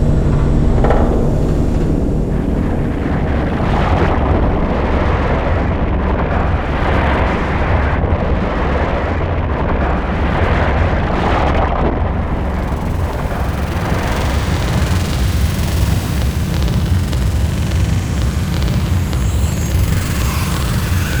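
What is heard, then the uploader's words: A dark, dense drone rumbles without pause, heavy in the low end with a rough, churning texture. Through the first twelve seconds it surges in slow swells, then opens into a brighter, hissing wash that stays steady to the end. Experimental ambiences, intriguing drones, dark stylized sound effects, disturbing impacts and unreal textures. Mysterious Cinematic Sounds.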